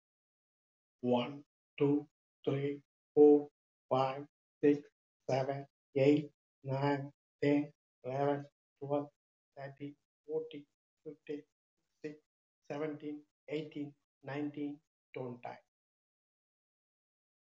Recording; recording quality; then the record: counting at a normal pace; excellent, no background noise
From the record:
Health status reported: healthy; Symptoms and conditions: hypertension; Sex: male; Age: 54 years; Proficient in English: yes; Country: India